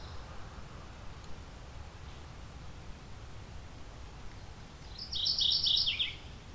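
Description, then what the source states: Mourning Warbler song: a quick phrase of clipped, buzzy notes that drops in pitch at the end, heard once near the close over quiet hiss. Name refers to its descending, mournful tones; described as friendly, not skittish, tolerating people close by.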